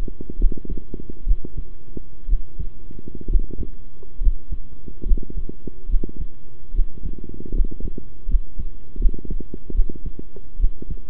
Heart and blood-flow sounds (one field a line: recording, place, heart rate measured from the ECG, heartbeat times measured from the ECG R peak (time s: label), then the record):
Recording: heart sounds by stethoscope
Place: between the tricuspid and mitral areas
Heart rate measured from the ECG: 71 bpm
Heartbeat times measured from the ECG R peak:
0.38 s: heartbeat
1.26 s: heartbeat
2.28 s: heartbeat
3.28 s: heartbeat
4.20 s: heartbeat
5.05 s: heartbeat
5.88 s: heartbeat
6.73 s: heartbeat
7.53 s: heartbeat
8.28 s: heartbeat
8.99 s: heartbeat
9.74 s: heartbeat
10.58 s: heartbeat
From the record:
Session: rest, sitting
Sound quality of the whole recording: good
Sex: male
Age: 23 years